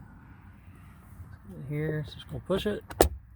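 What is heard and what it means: On a 2022 Honda Ridgeline, after refitting the cabin air filter, the plastic filter cover is being pushed back into its slot in the filter housing behind the glove box. Someone talks over low background noise, with a few short handling knocks near the end. Nothing has seated or clicked yet.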